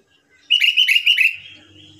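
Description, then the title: Sooty-headed bulbul singing a quick run of several bubbly, liquid notes in one phrase, followed by a faint low hum. "Kutilang"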